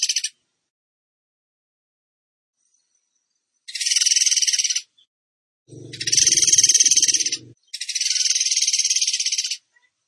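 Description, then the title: Bird singing high, dense buzzy trills in bursts of one to two seconds, separated by silences, with a low rumbling noise under one burst. Masteran (training recording) in tembakan gacor style. "Masteran Burung Tembakan Gacor"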